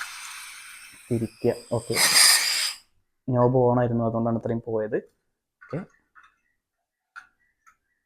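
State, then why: Seated. A butane gas canister is set onto the connector of a portable mini gas stove and twisted until it locks into place. A hissing rush is heard early on while someone talks, and after a quiet pause one sharp click at 7.2 s marks the canister seating and locking into the stove.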